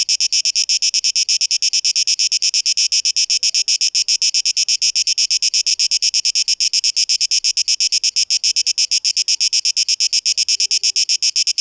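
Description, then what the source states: Cicada song: rapid, evenly spaced high pulses forming a steady rasping drone. Recorded 12 August 2023; tape-echo-processed mix.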